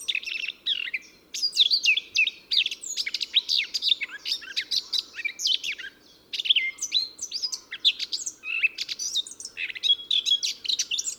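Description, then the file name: Eurasian blackcap warbling song, a dense run of varied quick chirps and whistled notes with a few short pauses, steady through the whole stretch. "Sylvia atricapilla"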